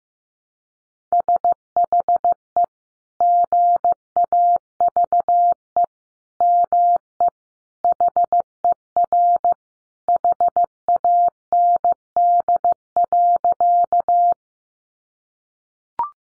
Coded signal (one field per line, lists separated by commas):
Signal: Morse code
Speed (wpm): 15 wpm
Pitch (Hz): 700 Hz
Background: none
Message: SHE GAVE ME HER HAND.